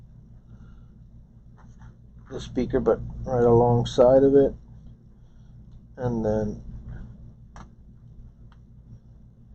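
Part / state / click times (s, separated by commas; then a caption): small connector or part beside the speaker inside a laptop / seated / 8.5 s. Someone talks while a small connector or part beside the speaker inside a MacBook Air A1466 laptop is pressed into its spot. A single sharp tick at 8.5 seconds marks it popping into place and seating.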